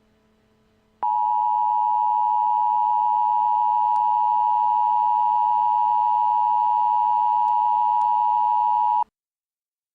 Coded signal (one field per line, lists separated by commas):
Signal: Emergency Alert System (SAME) tones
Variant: 853 and 960 Hz attention tone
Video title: Arrowverse EAS 2: Arrow 1.23